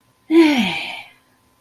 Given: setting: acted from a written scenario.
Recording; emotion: vocal sound without words; pride